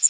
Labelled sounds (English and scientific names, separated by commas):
Yellow Warbler (Setophaga petechia) flight call